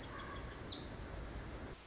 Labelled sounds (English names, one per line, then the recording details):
Pacific Wren
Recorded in Sonoma County, California